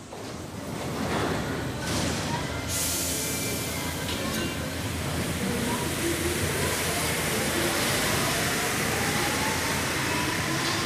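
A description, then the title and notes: Inside a moving metro train, a dense, steady rumble of wheels and motor fills the clip, with a constant low roar and bright hiss above. A brief burst of louder clatter comes near two seconds, and faint voices may be mixed in. The whole metro trip from station République to station Rambuteau in Paris.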